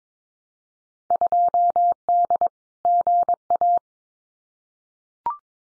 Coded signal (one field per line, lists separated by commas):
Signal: Morse code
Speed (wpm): 22 wpm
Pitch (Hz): 700 Hz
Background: none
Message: 2D GA